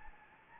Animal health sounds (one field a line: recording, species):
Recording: mosquito wingbeat signal from an infrared sensor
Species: Anopheles gambiae